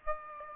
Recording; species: mosquito wingbeat signal from an infrared sensor; Aedes aegypti